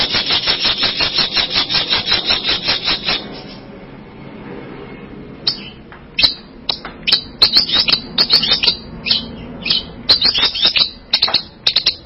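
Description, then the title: Bird song of rapid, evenly pulsed buzzy notes for three seconds, a brief pause, then a jumbled chattering series of sharp chips and trills. "burung"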